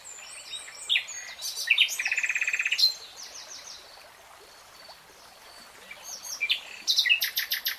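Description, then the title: Nightingale song: varied whistles and a rapid rattling trill, a quiet pause, then a run of loud repeated notes at the end. "[Tiếng chim hót] REALTIME Nightingale Singing"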